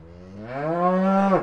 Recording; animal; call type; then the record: contact call of a hoofed animal; cattle; low-frequency (closed-mouth) or high-frequency (open-mouth) call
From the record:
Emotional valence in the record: negative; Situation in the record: full separation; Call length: 1.43 s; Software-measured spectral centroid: 1020 Hz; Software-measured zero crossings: 1070 a second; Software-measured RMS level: -22 dBFS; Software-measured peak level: -7 dBFS